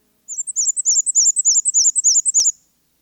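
Black-and-white warbler singing a rapid string of very high, wheezy paired notes, evenly repeated for about two seconds, with one sharp click near the end.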